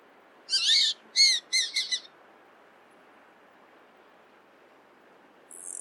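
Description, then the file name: Eurasian jay calling in a burst of several rasping, buzzy screeches within about two seconds, then quiet, then one fainter harsh note at the end. "Garrulus glandarius"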